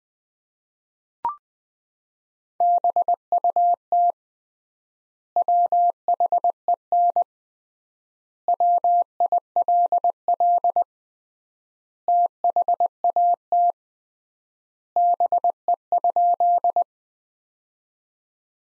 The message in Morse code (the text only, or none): BUT WHEN WILL THAT BE?